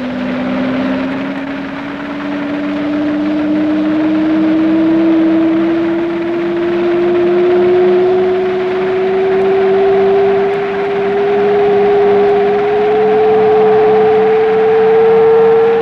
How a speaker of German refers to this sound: Bei starkem polnischen Abwehrfeuer stürzt der Stuka-Flieger im Steilflug auf die Bahnanlagen zu und zielt dabei mit der ganzen Maschine.